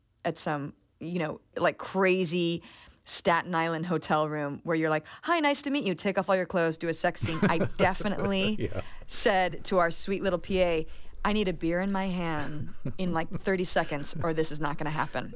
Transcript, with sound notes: at some, you know, like, crazy Staten Island hotel room where you're like, hi; nice to meet you. Take off all your clothes. Do a sex scene.
(Laughter) Yeah.
I definitely said to our sweet, little PA, I need a beer in my hand in, like, 30 seconds, or this is not going to happen.